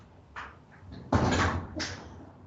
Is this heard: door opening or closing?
yes